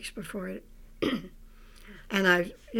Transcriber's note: she clears her throat